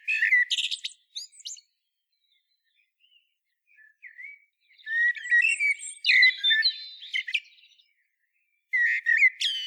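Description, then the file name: Common blackbird giving bursts of high, squeaky chirping and twittering notes in three clusters, with a near-silent stretch of a few faint notes between them. "Turdus merula"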